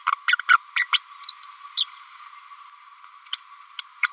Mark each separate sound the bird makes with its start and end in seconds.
0.12-0.15, 0.28-0.36, 0.48-0.57, 0.76-0.85, 0.92-1.01, 1.23-1.33, 1.43-1.48, 1.77-1.86, 3.33-3.37, 3.78-3.85, 4.03-4.10